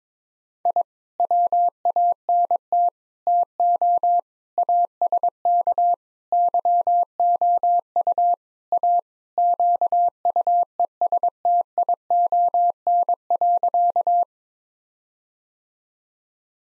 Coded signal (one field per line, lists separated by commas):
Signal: Morse code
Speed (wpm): 22 wpm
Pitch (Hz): 700 Hz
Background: none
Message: I WANT TO ASK YOU A QUESTION.